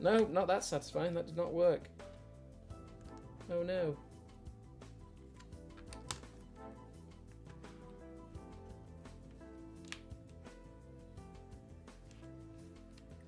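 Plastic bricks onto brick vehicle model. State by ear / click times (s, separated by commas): seated / 6.1 s, 9.9 s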